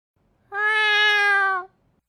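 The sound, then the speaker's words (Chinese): A single drawn-out cat meow, steady and fairly loud, lasting just over a second with a bright, slightly nasal tone before cutting off into silence. “哎，不是，你家猫怎么回事？怎么跑我这来了？”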